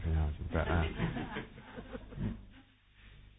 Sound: laughter

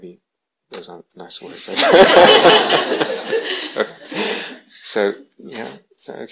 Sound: laughter

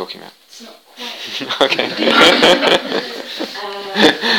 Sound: laughter

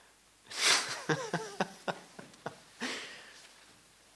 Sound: laughs

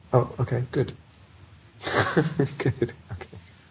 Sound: laughs

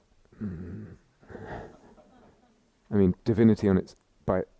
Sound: laughter

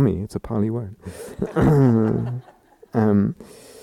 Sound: laughter

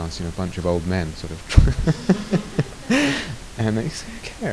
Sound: laughter

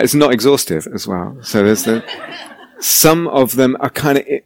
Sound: laughter

